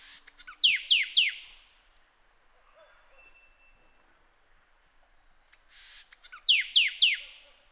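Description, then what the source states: Sooty thicket fantail calling: a quick set of three steeply falling whistles, a pause of about five seconds, then another matching triplet over a constant high-pitched hum. Papua New Guinea.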